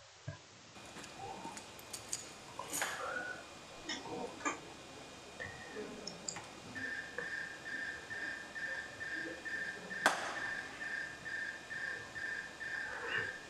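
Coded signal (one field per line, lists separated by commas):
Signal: RTTY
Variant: SITOR-A ARQ, 100 baud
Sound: chirpy warbling teleprinter bursts with short gaps, not continuous, under static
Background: radio static, brief speech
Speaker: vamos a ver cómo suena una estación aérea fijaros que no es una transmisión continua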